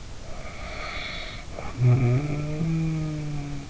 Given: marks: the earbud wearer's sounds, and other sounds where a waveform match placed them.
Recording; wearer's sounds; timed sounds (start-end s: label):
sounds in sleep by an in-ear microphone; snoring breath
0.28-3.69 s: snoring breath